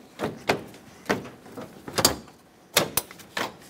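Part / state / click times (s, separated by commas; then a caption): front grille clips into pickup truck front end / seated / 2.8 s, 3.0 s. The plastic front grille of a 2007-2014 Chevrolet Silverado 2500 HD pickup is lined up with its tab holes and pressed onto the truck's front end, with plastic rattles and knocks at about 0.5 s and 2.0 s as it is handled. Two sharp snaps at 2.8 s and 3.0 s mark the plastic clips snapping in, and the grille is seated and locked in place.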